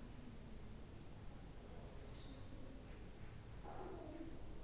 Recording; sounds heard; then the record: poultry house recording; no chicken sound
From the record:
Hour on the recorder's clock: 11